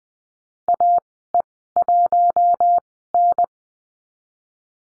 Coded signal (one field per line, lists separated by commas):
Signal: Morse code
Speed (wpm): 20 wpm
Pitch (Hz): 700 Hz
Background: none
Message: AE1N